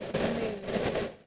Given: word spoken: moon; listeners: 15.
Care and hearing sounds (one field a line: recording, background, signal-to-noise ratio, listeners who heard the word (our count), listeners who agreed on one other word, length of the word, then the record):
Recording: one English word in noise, from a listening test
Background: noise modulated by three-talker babble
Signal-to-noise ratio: -7.7 dB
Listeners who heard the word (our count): 2 of 15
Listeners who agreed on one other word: 9 of 15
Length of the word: 0.87 s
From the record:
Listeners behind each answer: 9, 2, 2, 1, 1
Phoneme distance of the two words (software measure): 10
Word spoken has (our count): 1 syllable, 3 phonemes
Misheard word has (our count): 1 syllable, 3 phonemes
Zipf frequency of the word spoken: 4.74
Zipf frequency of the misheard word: 4.50